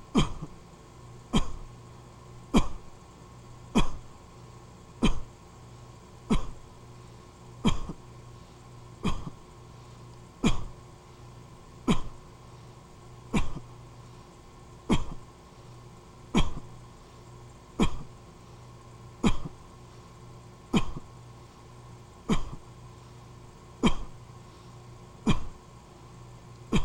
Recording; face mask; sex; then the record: voluntary coughing; surgical mask; male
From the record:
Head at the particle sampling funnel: tilted down, bridge of the nose in front of it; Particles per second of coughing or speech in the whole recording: 1.05